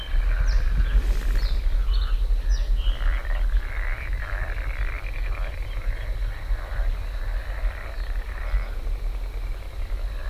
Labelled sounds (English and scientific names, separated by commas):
Bluethroat (Luscinia svecica) song